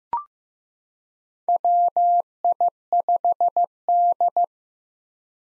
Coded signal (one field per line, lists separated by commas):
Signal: Morse code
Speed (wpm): 16 wpm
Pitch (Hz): 700 Hz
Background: none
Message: WI5D